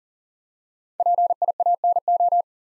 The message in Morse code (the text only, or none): PIANO